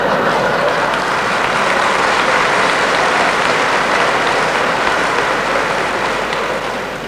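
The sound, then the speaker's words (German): A crowd applauds steadily for several seconds, a dense, loud wash of many hands clapping at once that holds its level and tapers slightly at the very end. No one speaks. “Außerdem hält es das Haus aus, da liegen 200 Millionen am Dach, da wird der Applaus auch gar aushalten, gell?”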